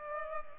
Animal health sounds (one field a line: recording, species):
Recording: mosquito wingbeat signal from an infrared sensor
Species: Culex pipiens